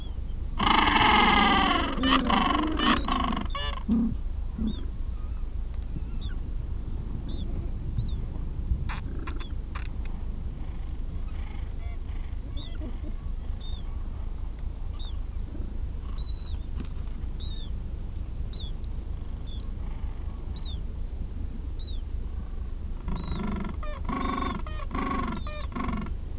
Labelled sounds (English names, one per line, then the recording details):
Gentoo Penguin
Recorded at the colony at Moot Point, Antarctica, on 3 January 2015
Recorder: Song Meter SM2+